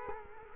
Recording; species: mosquito wingbeat signal from an infrared sensor; Culex quinquefasciatus